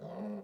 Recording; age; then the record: pig call; piglet (1 to 25 days)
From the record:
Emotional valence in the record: negative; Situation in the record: short isolation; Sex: female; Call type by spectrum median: low-frequency call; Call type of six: low-frequency stable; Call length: 0.43 s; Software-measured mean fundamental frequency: 63 Hz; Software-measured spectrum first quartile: 203 Hz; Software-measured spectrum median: 337 Hz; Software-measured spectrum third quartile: 587 Hz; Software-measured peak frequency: 194 Hz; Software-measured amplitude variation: 82 dB a second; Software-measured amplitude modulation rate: 25.5 a second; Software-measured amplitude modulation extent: 3.2 dB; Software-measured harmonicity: 4.2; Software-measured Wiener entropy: 0.00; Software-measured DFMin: 900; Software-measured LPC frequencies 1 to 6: 444, 1739, 3705, 4490, 5522, 7754 Hz